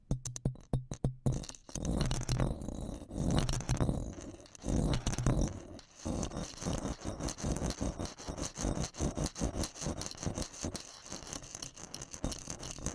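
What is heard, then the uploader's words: Hard and soft stabs on the microphone, sharp taps in quick irregular bursts, heavy low thuds early, then rapid steady jabbing after six seconds. TimASMR- Intense hard and soft stabs on the microphone (without speaking).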